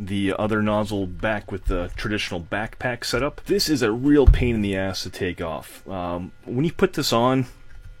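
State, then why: Not seated. Someone talks while handling a plastic backpack piece, putting it back onto the back of a transforming toy figure, where it is meant to lock in by two side tabs. The piece has not seated or clicked yet; it is handled but not yet home.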